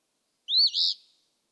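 One raspy Eastern phoebe song phrase: a rising-falling note then a burry buzz, fading out.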